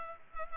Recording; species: mosquito wingbeat signal from an infrared sensor; Culex pipiens